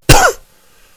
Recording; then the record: coughing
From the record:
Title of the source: Coughing 51